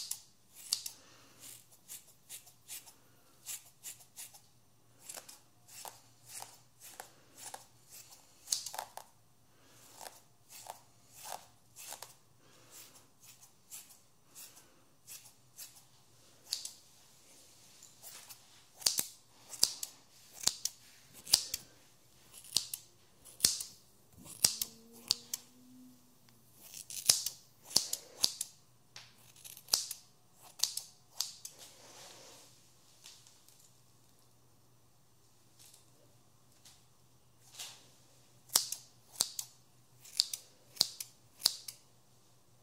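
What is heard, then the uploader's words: Scissors snip through hair in quick, crisp bursts, sharp bright clicks arriving in runs of several cuts with short pauses between them. A low steady hum sits underneath throughout, and a brief faint squeak appears around the middle. Near the end the snipping slows, then resumes. Haircut Real Hair and No Talking.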